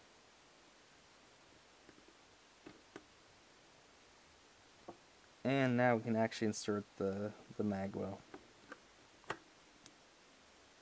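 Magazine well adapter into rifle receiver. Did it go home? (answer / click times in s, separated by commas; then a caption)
yes / 9.3 s. An AR-15 magazine well adapter is pushed into a vz.58 rifle receiver after the bolt catch and magazine release parts have been swapped. Faint ticks and handling sounds come first, someone talks, and then the adapter snaps into place with a sharp click at 9.3 s. The adapter is seated in the receiver.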